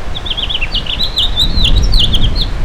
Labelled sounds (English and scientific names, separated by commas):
House Finch (Haemorhous mexicanus) song